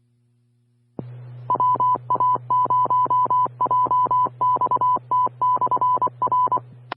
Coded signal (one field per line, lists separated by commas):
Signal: Morse code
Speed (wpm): 24 wpm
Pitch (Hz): 1000 Hz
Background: none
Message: WA0JXT/R